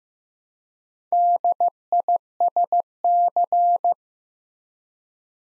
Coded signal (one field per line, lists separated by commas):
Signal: Morse code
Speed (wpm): 15 wpm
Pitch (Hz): 700 Hz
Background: none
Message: DISC